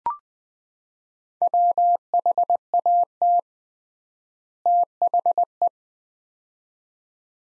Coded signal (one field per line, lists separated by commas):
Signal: Morse code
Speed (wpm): 20 wpm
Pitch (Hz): 700 Hz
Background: none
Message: WHAT THE